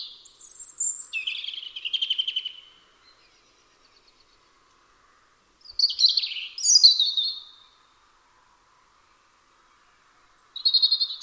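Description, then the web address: European robin delivering thin, high warbling phrases with trilled notes, a long opening phrase then two shorter ones separated by quiet gaps. "Deverinetal 2025 File origin Bird Only Er Ru"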